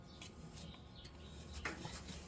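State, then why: Not seated. A spring clip holding the ignition cap on a tractor is handled and pressed over, with a low steady background hum and brief handling ticks around 0.2 s and 1.7 s. Nothing has snapped in place or seated yet.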